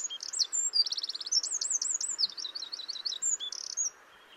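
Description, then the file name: Eurasian wren song, very high and fast: a machine-gun trill, rolling looped notes and chattering phrases packed into about four seconds, then silence. "Troglodytes troglodytes"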